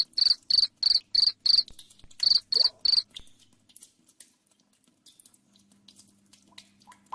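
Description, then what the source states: Cricket chirping in loud, high pulses, about eight bursts in three seconds, then stopping, leaving faint rustles and a low steady hum. Loud cricket chirping played to make lovebirds keep singing.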